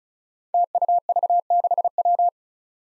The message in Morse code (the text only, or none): TUV6W